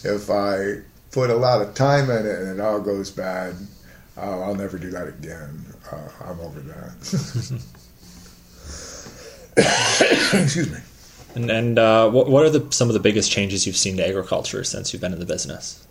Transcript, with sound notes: If I put a lot of time in it and it all goes bad, I'll never do that again. I won't do that. [Cough] Excuse me.
And what are some of the biggest changes you've seen to agriculture since you have been in the business?